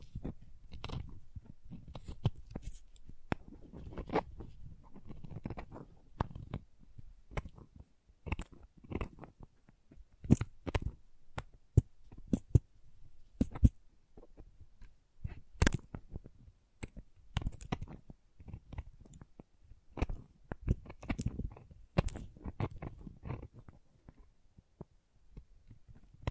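Crayons being tapped, carved and cut, with irregular sharp clicks and snaps scattered throughout over a soft, low scraping and rustling bed. The hits come in clustered bursts, several strong cracks standing out around the middle and again near the end, with brief quieter gaps between.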